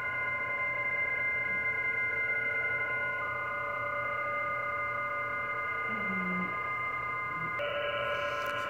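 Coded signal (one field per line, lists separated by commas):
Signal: PSK31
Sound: several steady, faintly warbling narrow tones at once over band hiss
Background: radio static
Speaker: I should be able to um to do a reply and uh uh and conduct a normal um a normal qso here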